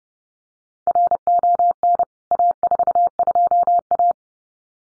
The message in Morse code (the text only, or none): RON A42A